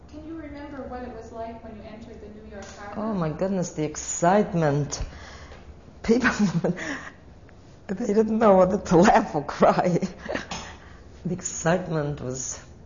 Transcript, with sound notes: Can you remember what it was like when you entered the New York harbor?
Oh my goodness, the excitement. People, (she laughs) didn't know whether to laugh or cry. Excitement was--